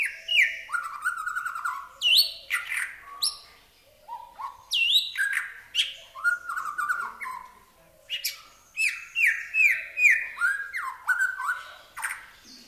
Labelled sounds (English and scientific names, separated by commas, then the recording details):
White-rumped Shama (Copsychus malabaricus) song
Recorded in captivity
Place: Zoo Berlin, Berlin, DE
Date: 1997-01-05 11:42
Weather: heiter, -11°C
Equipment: Nagra SN, Kopie Uher 4000 Report Monitor
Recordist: Tembrock, Günter